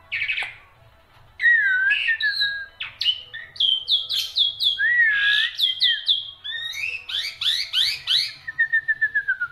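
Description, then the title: Black-winged myna song, a busy sequence of looping whistles, squeaky chirps and harsh notes, ending in a fast repeated series. Described as a dense, lively song with many variations, used as a master recording for training songbirds. "Kicauan Rapat Jalak Putih Gacor Banyak Variasi Untuk Masteran"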